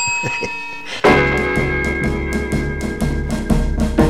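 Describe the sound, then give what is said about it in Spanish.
After a brief quieter moment, a loud bell bursts into continuous ringing, its bright metallic tone pulsing in rapid, steady strikes that carry on to the end. “Y por cierto, existen timbres. Un timbre que sin duda marca el cambio.”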